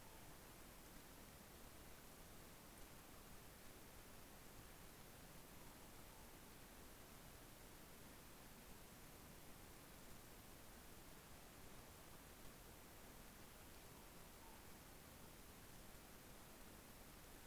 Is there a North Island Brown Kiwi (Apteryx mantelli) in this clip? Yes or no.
no